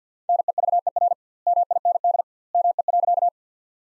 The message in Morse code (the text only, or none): NEVER MIND ME.